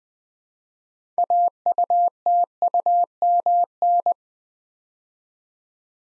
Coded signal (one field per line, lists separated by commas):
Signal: Morse code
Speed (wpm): 20 wpm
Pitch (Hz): 700 Hz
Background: none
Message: AUTUMN